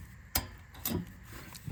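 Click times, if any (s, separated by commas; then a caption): 0.4 s. A retaining clip on a turbo pipe coupling of a Ford 6.0 Powerstroke diesel is pushed into place while the coupling is pulled together. A loud, sharp snap sounds at 0.4 s as the clip locks, followed by a softer knock at 0.9 s. The clip is seated, holding the coupling together.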